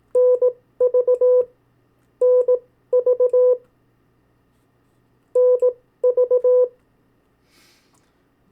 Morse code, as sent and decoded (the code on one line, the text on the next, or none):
-. ...- / -. ...- / -. ...-
NV NV NV